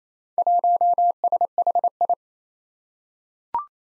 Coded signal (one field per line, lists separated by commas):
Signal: Morse code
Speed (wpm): 27 wpm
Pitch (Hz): 700 Hz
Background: none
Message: 1SHI